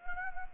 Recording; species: mosquito wingbeat signal from an infrared sensor; Anopheles arabiensis